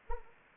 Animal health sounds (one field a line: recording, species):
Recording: mosquito wingbeat signal from an infrared sensor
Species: Anopheles arabiensis